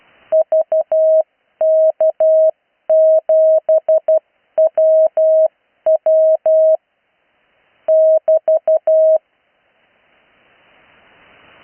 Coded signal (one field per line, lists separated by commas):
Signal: Morse code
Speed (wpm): 12 wpm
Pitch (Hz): 630 Hz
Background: none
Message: VK7WW <BT>